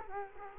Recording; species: mosquito wingbeat signal from an infrared sensor; Culex quinquefasciatus